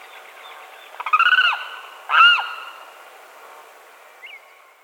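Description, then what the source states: Limpkin call: two loud wailing notes, the first starting with a rattled onset, then a brief faint chirp afterwards. Recorded at Quinto Potrero on 8 September 2002.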